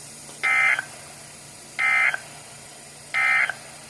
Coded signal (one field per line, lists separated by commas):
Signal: Emergency Alert System (SAME) tones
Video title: RWT 8-28-24 (EAS 10)